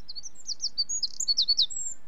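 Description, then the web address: Eurasian wren song: a rapid series of high, sharp notes, ending in a thin sustained whistle. "BBC Sound Effects Library. Wren"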